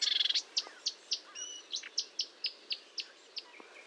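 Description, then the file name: Marsh warbler song, a rapid buzzy burst followed by sharp repeated chips about four per second, with a soft whistled note in between. Recorded 1 June 2022 at 10:55 at Fontaine-Française (Fourneau), France, with a Nagra recorder and Telinga parabolic microphone. "Rousserolle verderolle 20220601 1055 Fontaine-Francaise-Fourneau-Nagra-Telinga"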